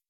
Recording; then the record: hydrophone in a shrimp aquaculture tank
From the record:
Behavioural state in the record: weakened